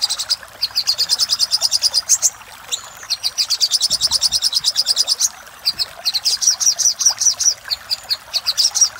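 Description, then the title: Little spiderhunter song: rapid strings of shrill, even chip notes continuing in steady bursts, with a short thin whistle in one gap. Master recording for training cage birds. "Masteran Burung Sogok Ontong Labaik"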